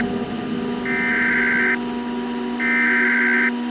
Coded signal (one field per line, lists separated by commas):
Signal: Emergency Alert System (SAME) tones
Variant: header bursts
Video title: Eas Scenario/ Analog Horror Cursed Moon